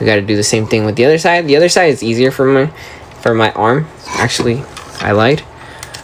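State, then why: Not seated. Someone talks while handling the second arm of a plastic HasLab Optimus Prime (Omega Prime) transforming robot figure, folding it during transformation so it can be pushed up into its shoulder joint. A few faint, short handling taps come near the end, but nothing has seated or clicked yet.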